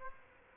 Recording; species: mosquito wingbeat signal from an infrared sensor; Aedes aegypti